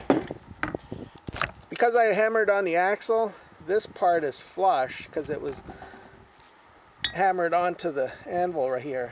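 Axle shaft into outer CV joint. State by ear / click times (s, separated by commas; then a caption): not seated / none. An axle shaft for a Volvo XC70 is hammered into the outer CV joint assembly against an anvil, with sharp metallic strikes in the first 1.5 seconds, then someone talks. The joint sits flush but has not seated yet and needs to go further.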